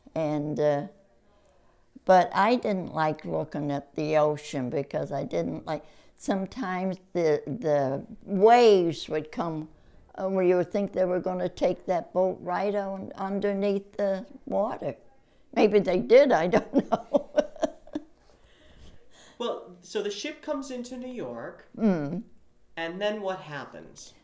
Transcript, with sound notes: And – er--but I didn't like looking at the ocean because I didn't like — sometimes the--the waves would come, oh, you'd think they were going to take that boat right under--underneath the water. Maybe they did, I don't know. (Laughs)
So the ship comes into New York and then what happens?